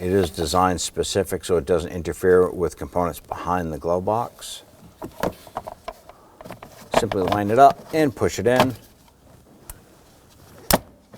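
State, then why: Seated. Someone talks while the cabin air filter cover on a 2005-2009 Subaru Legacy is lined up and pushed into the filter housing behind the glove box, with faint clicks and rustling along the way. A sharp, loud snap at 10.7 s marks the cover seating into place.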